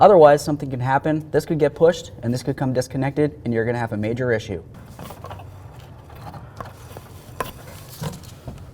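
Someone talks while holding the electrical connector for the fuel pump module of a 2008–2012 Jeep Liberty, then light handling noises follow with short, sharp knocks around 6.6 and 7.4 seconds. The connector is being handled and has not yet been pushed all the way in; nothing has clicked or seated yet.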